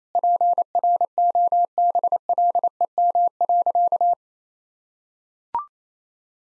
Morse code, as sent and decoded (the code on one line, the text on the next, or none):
.--. .-. --- -... .-.. . -- .-.-.-
PROBLEM.